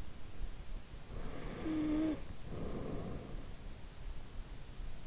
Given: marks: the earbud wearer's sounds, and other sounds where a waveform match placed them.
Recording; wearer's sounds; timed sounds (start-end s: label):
sounds in sleep by an in-ear microphone; snoring breath
1.07-3.79 s: snoring breath